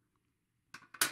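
A second antenna base is lined up with its reflector on a Clearstream 4 TV antenna and pushed together. After near silence, there are brief plastic knocks at about 0.8 and 0.9 seconds. A loud, bright snap follows at 1.0 seconds as the base seats onto the reflector.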